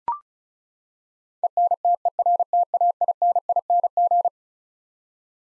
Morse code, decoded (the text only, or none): ENTERTAINING